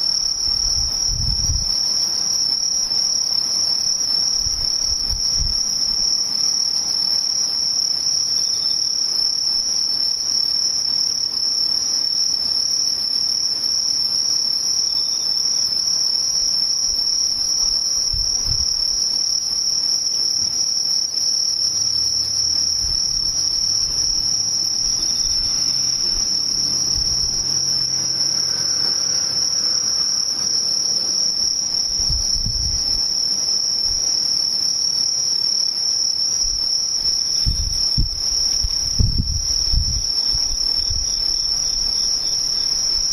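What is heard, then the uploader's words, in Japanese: Near-silence filled by a steady, thin high-pitched insect trill that holds unchanged from start to finish. Occasional soft low thumps come through, around 2, 18, 32 and 38–40 seconds, and a faint low rumble lingers between about 22 and 30 seconds. ほぼ無音 後半ムシ。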